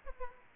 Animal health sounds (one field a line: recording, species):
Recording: mosquito wingbeat signal from an infrared sensor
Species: Aedes aegypti